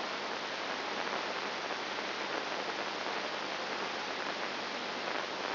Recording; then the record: brain microelectrode recording played as sound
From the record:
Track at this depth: inside the subthalamic nucleus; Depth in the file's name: 4.701 mm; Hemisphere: left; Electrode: 2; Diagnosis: Parkinson's disease